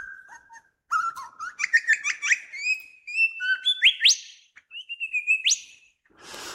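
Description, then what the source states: Superb Lyrebird song: varied loud whistles, rapid chirps and rising sweeps. Male singing while standing on a fallen tree trunk about 3 feet off the ground, keeping company with two females, in forest in southern Australia.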